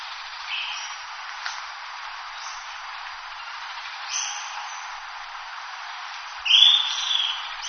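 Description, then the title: Short-crested flycatcher call: a few faint, scattered notes early on, then one loud, clear whistle near the end, trailing off into a softer tail. "LuckyPassaro Completos2Sama. Short-crested Flycatcher (Myiarchus ferox)"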